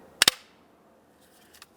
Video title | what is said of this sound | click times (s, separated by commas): How to Replace Master Power Window Switch 2011-2018 Volkswagen Jetta | listen for a click | 0.2 s